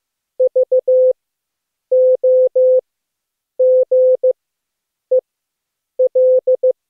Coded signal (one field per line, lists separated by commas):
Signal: Morse code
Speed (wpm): 15 wpm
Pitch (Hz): 510 Hz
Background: none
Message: VOGEL